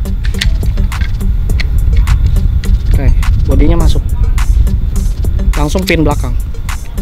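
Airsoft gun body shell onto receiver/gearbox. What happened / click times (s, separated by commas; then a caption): The body shell is being handled but has not locked into place yet / none. An airsoft electric gun (AEG) is being reassembled, with the rear of the body shell being handled onto the gearbox and receiver. Someone talks over music while sharp taps and handling knocks are heard. The body has not locked into place yet, and nothing has seated or clicked.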